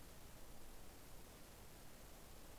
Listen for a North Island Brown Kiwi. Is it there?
no